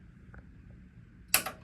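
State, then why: Partly seated. A sterilizer cassette is slid into a steam sterilizer chamber, with faint scraping before a loud, sharp click at 1.3 s. The click sounds like it is in, but the cassette is only partly engaged and not fully home. It still needs to go further in, or steam leaks internally.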